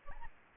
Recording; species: mosquito wingbeat signal from an infrared sensor; Aedes albopictus